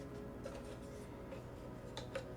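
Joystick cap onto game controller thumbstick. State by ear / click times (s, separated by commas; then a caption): seated / 2.0 s, 2.2 s. An interchangeable joystick cap is put back onto the thumbstick of a GAMSIR G8 smartphone game controller, held by magnets and clipping on easily, more easily than it comes off. Over a steady low hum with faint soft handling, two short sharp clicks sound at about 2.0 s and 2.2 s. The cap seats back on its stick.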